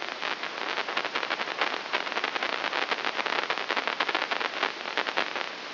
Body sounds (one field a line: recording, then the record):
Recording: brain microelectrode recording played as sound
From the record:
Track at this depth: outside the subthalamic nucleus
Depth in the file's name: -0.075 mm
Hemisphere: left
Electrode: 3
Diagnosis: Parkinson's disease